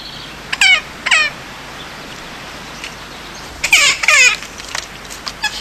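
Magellanic woodpecker calls: harsh, nasal squawks with descending harmonics, given in two quick pairs about half a second apart, near the start and again after three seconds, over faint background hiss.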